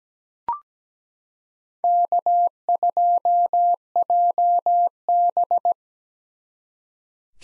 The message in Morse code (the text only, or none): K2JB